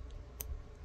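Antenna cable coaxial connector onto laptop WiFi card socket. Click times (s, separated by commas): 0.4 s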